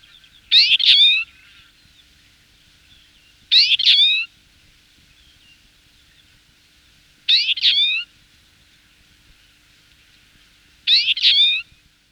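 Twite: four short twittering phrases, spaced roughly three and a half seconds apart, against a quiet background.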